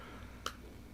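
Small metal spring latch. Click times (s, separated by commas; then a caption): 0.5 s. A metal SIM ejector pin is pushed into the hole on the left side of a T-Mobile REVVL 6 Pro 5G smartphone. The spring latch releases the plastic/metal SIM tray with a single sharp click at 0.5 s over a low steady background hum. The tray is released.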